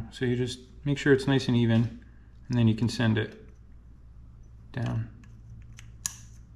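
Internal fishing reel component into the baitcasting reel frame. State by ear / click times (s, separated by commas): seated / 6.1 s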